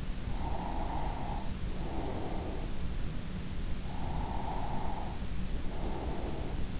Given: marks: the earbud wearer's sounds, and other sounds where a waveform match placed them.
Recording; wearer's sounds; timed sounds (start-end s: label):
sounds in sleep by an in-ear microphone; breath
0.31-2.93 s: breath
3.93-6.76 s: breath